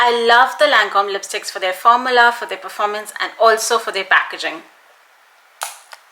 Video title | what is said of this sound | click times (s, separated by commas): 10 Red Lipstick Recommendations for INDIAN/BROWN skin - Fenty, Huda, Charlotte Tilbury, MAC and more | see that what a satisfying click | 5.6 s